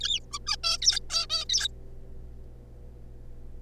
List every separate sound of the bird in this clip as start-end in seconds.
0.01-0.19, 0.31-0.39, 0.46-0.56, 0.64-0.77, 0.82-1.00, 1.10-1.26, 1.30-1.45, 1.50-1.68